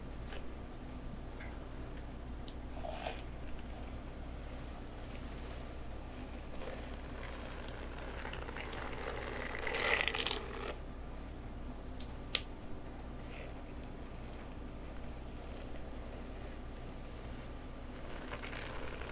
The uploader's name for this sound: rainy day hair play back scratch & massage